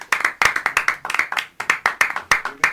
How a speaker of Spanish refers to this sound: fuerte el aplauso.